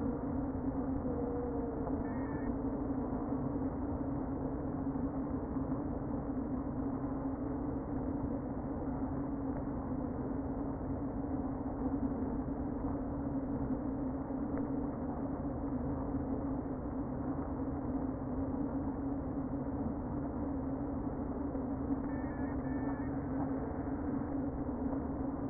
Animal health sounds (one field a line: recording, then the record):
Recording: honeybee colony, microphone inside the hive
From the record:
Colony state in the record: queen present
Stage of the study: before two queens were removed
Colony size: about 60,000 bees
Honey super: yes